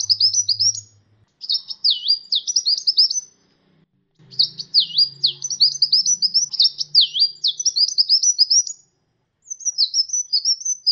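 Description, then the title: Sunbird song: high, rapid chirping phrases of twittering notes and dipping V-shaped whistles, in bursts separated by short pauses, with a faint low hum underneath. "kicau kolibri"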